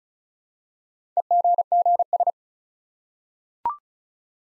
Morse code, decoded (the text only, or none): EGGS